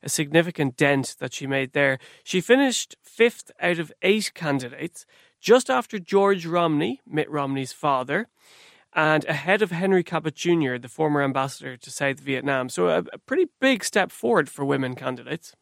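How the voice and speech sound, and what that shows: A single adult man speaks fluently at a steady conversational pace, in clear, evenly voiced phrases separated by short natural pauses. Articulation is crisp, with no repetitions, blocks, slurring or rough voice. This is ordinary, healthy speech.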